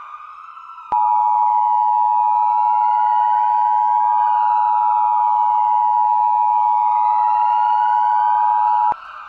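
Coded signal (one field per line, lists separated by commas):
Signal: Emergency Alert System (SAME) tones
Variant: 853 and 960 Hz attention tone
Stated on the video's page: Recreation of an EAS alert for an Oakland shooting incident, with valid EAS tones.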